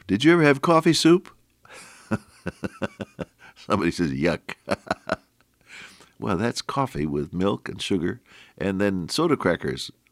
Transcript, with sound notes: Did you ever have “coffee soup?” Somebody says, “Yuck!”. (Chuckles) Well, that’s coffee, with milk and sugar, and then soda crackers